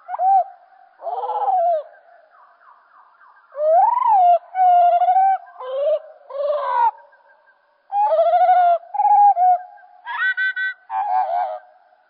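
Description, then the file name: Common blackbird song slowed down: a long run of varied low fluting phrases, wavering notes and twittery fragments with short gaps between. "Merle Et Merle Au Ralenti Merle noir ralenti"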